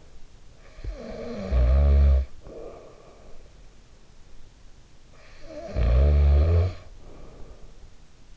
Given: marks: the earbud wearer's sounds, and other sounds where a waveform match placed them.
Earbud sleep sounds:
sounds in sleep by an in-ear microphone; snoring breath
0.66-3.86 s: snoring breath
5.06-8.37 s: snoring breath

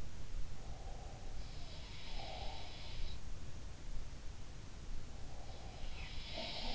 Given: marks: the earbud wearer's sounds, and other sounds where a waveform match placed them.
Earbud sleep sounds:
sounds in sleep by an in-ear microphone; breath
0.40-2.79 s: breath
1.60-3.32 s: sound from someone else or the room
5.15-6.75 s: breath

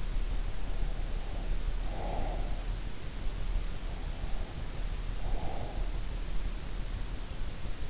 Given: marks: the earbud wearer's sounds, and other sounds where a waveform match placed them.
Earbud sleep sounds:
sounds in sleep by an in-ear microphone; breath
1.49-2.96 s: breath
5.01-6.55 s: breath

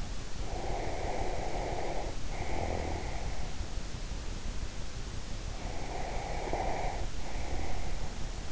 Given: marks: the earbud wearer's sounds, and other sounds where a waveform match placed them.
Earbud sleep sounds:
sounds in sleep by an in-ear microphone; snoring breath, breath
0.45-3.68 s: snoring breath
5.17-8.52 s: breath

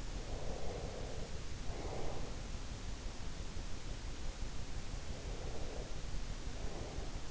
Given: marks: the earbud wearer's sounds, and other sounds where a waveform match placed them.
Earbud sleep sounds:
sounds in sleep by an in-ear microphone; breath
0.14-2.54 s: breath
5.08-7.31 s: breath

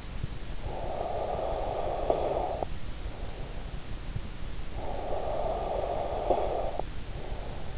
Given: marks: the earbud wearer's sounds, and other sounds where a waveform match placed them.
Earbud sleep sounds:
sounds in sleep by an in-ear microphone; snoring breath
0.24-3.21 s: snoring breath
4.46-7.78 s: snoring breath

